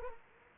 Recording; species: mosquito wingbeat signal from an infrared sensor; Anopheles arabiensis